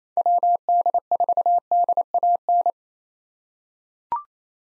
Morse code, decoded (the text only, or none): WD4DAN